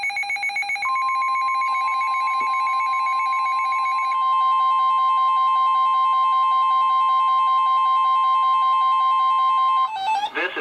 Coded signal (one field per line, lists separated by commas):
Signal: Emergency Alert System (SAME) tones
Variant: 1050 Hz attention tone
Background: speech, music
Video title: EAS #1081: Wait, just one more | KHB36 & KEC83